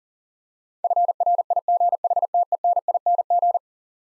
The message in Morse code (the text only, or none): FRIGHTENING